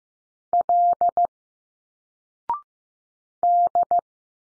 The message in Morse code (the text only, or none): L D